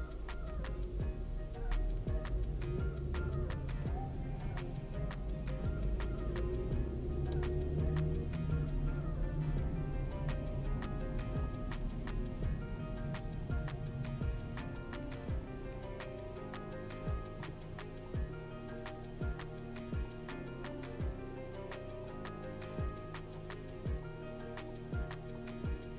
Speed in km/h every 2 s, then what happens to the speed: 2, 11, 19, 25, 31, 29, 22, 10, 0, 0, 0, 0, 0.
0-7 pulls away to 31. 9-16 brakes to 0. 16-26 standing.